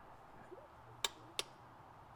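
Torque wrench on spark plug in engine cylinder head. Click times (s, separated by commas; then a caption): 1.0 s, 1.4 s. A click-type torque wrench set to 28 Nm tightens a spark plug into the cylinder head of a Porsche 911 engine. Two sharp clicks sound at 1.0 s and 1.4 s over a low background hum, confirming the plug is torqued.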